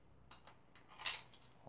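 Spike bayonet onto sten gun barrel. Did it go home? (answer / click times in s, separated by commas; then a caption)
no / none. A reproduction spike bayonet is pushed onto the barrel of a replica Mk2 Sten, with light metal-on-metal scraping and small ticks around 0.3 s and 0.5 s and a brighter scrape near 1.1 s. The bayonet slides on, but nothing has locked or clicked into place.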